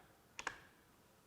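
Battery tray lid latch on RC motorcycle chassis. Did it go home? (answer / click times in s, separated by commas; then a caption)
yes / 0.4 s, 0.5 s. The upgraded aluminum battery tray lid on a Promoto MX RC motorcycle chassis is closed over an installed 8,000 mAh battery, with its cables routed out the rear. Two sharp snaps sound at 0.4 s and 0.5 s as the latch snaps home, followed by quiet. The latch is seated and the tray stays closed on its own.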